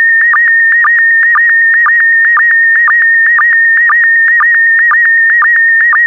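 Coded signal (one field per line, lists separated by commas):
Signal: SSTV (slow-scan television)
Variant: PD120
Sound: steady high warbling tone broken by quick low chirps about twice a second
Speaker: complete. You can now check your decoded image against the picture that is shown on the video.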